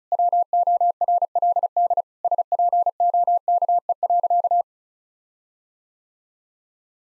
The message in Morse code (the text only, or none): WORLD SPOKE.